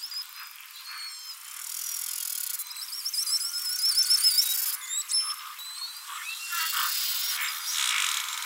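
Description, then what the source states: Beluga whale whistles and chirps, many overlapping upward and wavering tones with bursts of clicking and buzzy pulses from a busy herd. Large mixed herd of belugas.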